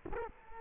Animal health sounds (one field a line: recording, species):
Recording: mosquito wingbeat signal from an infrared sensor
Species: Culex quinquefasciatus